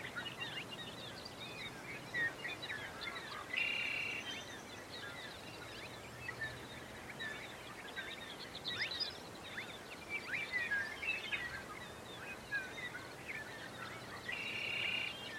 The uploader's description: Pawnee National Grassland in NE Colorado